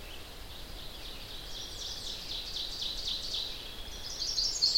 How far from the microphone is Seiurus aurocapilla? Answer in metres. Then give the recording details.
about 75 m. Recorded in boreal forest in Alberta, Canada, on 10 June 2016 at 08:20. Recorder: SongMeter 3, array SBT-3-39. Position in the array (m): 103 m, 216 m. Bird 18